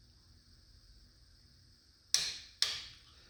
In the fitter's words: you hear that click